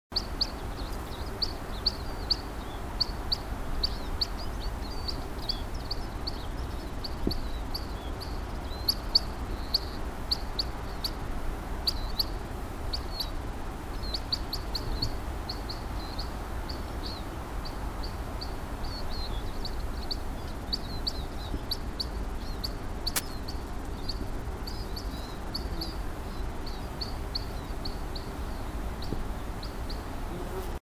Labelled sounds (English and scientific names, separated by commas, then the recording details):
Red Crossbill (Loxia curvirostra) call
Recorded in the wild
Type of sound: call
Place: Rauriser Urwald, AT
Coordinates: 47.0647, 12.9878
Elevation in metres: 1700
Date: 1992-06-28
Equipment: Sony TCD-D3, Sennheiser MKE2 in Doppel-Parabolreflektor
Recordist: Krey, Winfried
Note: Rufe